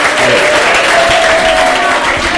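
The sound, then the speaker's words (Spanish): Steady, dense applause from an audience for a man at IES Archidona, a continuous bright clatter of many hands clapping at full loudness throughout, with a faint sustained tone running beneath it. “Un fuerte aplauso para este hombre.”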